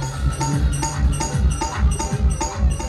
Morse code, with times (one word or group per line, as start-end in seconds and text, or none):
none